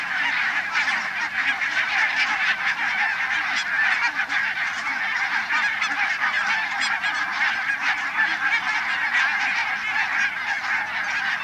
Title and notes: Ilkka Heiskanen Linnukevad Matsalus - Matsalun Lintukevät OÜ Looduskiri SAASTNA Üle 1000 valgepõsk-lagle (Branta leucopsis) liitub suurema parvega põllul. 2.5.1992 kl 7